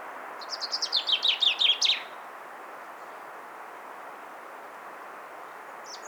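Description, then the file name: Common chaffinch song: a fast series of sharp notes that drops in pitch, then stops. A steady low rumble continues, and another phrase begins at the end. "Fringilla coelebs"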